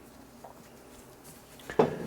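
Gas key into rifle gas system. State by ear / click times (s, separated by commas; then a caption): seated / 1.8 s. The metal gas key of an M+M M10X-Z rifle has its two lugs pushed in and is rotated into the gas system until its arrow points to position one. After quiet faint handling, a short metallic scrape comes at about 1.7 s, then a sharp click at 1.8 s as the gas key seats in place.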